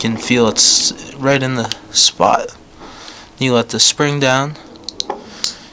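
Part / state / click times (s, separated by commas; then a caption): spring retainer in a scooter carburetor slide / seated / 5.0 s. Someone talks while fitting the spring retainer into a scooter carburetor slide, letting the spring down and giving it a little twist. Several short, sharp metal clicks follow, the loudest at 5.0 s as the part clicks into place and is seated, with a small nub showing it is in position.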